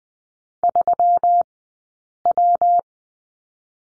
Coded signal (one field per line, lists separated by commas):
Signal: Morse code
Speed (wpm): 20 wpm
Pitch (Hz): 700 Hz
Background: none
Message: 3 W